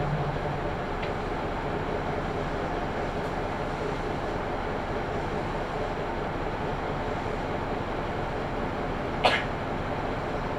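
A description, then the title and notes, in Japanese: A ride on the Kyūdai Main Line between Tanushimaru and Kurume: a steady, dense rumble of the train running, with low droning underneath throughout. A faint click comes near one second, and a sharp metallic clack stands out just after nine seconds. 久大本線 田主丸→久留米。田主丸から久留米まではずっと久留米市内を走ります。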